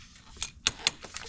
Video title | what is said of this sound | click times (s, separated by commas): Ford Super Duty Diesel Disaster Prevention Kit 2020 Plus | you can hear it click | 0.7 s